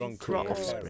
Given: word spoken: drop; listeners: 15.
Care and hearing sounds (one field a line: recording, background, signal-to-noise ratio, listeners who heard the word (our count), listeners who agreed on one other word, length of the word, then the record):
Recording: one English word in noise, from a listening test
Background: four-talker babble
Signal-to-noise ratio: -2.1 dB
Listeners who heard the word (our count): 0 of 15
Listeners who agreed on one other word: 7 of 15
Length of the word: 0.49 s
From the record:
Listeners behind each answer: 7, 3, 1, 1, 1, 1, 1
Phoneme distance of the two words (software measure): 17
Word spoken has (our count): 1 syllable, 4 phonemes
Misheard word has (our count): 1 syllable, 3 phonemes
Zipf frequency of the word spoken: 4.90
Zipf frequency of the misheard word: 5.01